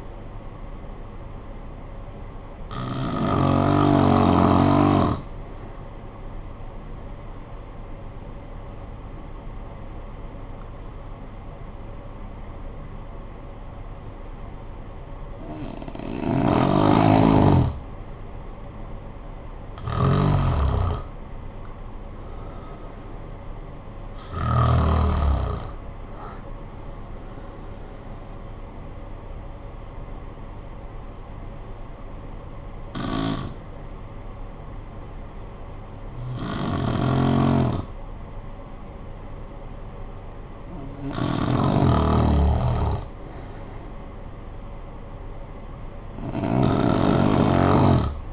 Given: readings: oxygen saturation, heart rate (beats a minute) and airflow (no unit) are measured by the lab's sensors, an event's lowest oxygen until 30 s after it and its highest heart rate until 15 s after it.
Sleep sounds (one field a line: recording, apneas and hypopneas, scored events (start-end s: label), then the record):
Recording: breathing in sleep by a smartphone at the bedside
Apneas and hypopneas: 1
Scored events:
29.00-38.70 s: hypopnea (N2, oxygen 95% highest, then 92% lowest, heart rate 63 at the start, 63 highest)
From the record:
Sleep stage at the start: N2 (light sleep)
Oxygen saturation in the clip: 89 to 95%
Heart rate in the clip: 50 to 68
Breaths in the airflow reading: 9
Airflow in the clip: -11.9 to 7.3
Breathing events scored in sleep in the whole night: 445 in 7.6 hours asleep